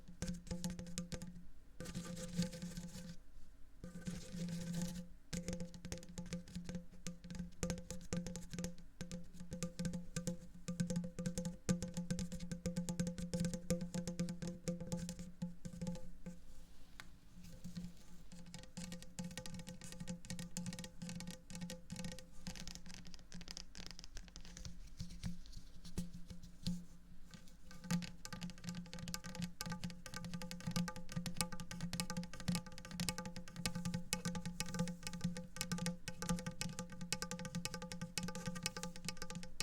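Odd triggers on a hollow tube, a silicone paw cleaner and stress balls: a dense, rapid patter of crackly tapping and squishing runs almost nonstop. A steady low hum sits beneath it, and brief pauses break the sound in the first five seconds.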